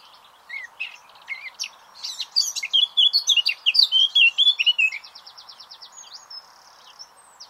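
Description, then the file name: Eurasian blackcap song, a hurried run of varied chirps building into loud, rich warbling phrases, then fading into soft, fast buzzy trills. "Sylvia atricapilla"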